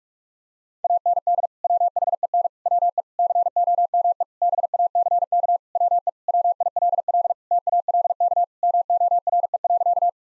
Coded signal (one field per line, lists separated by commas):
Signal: Morse code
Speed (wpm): 46 wpm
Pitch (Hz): 700 Hz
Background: none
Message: AND WHEN WE COME BACK WE WILL TALK MORE.